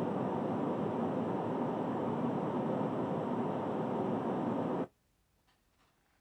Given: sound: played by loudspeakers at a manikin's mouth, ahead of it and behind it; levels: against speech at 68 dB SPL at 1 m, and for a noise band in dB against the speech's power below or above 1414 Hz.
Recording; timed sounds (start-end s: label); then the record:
test signals for a remote microphone
0.00-4.84 s: speech-spectrum noise from the mouth, turned 45 degrees right
From the record:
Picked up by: measurement microphone